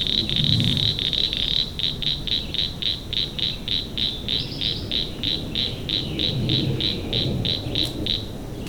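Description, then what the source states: Northern cricket frog giving a series of sharp, pebble-like clicks, about three per second, steady throughout with slight unevenness. Recorded in Maryland.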